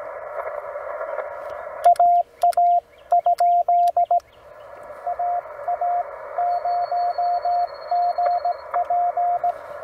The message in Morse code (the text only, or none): AA? AA0GP